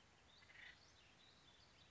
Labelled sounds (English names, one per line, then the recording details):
Acorn Woodpecker
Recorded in Sonoma County, California